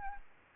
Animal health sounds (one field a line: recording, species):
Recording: mosquito wingbeat signal from an infrared sensor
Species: Anopheles gambiae